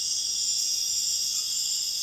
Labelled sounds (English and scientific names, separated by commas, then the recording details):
none
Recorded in dense forest near Puerto Asís, Putumayo, Colombia, on 4 March 2025 at 03:30
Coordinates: 0.481, -76.323
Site G088